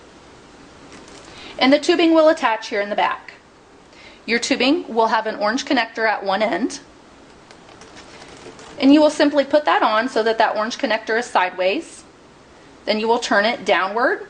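Someone talks while CPAP tubing with an orange connector at one end is brought to the rear port of a ResMed CPAP machine and placed on sideways, ready to be turned downward to lock. A brief faint sound is heard near 7.5 s, but nothing has seated or clicked yet.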